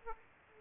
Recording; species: mosquito wingbeat signal from an infrared sensor; Aedes aegypti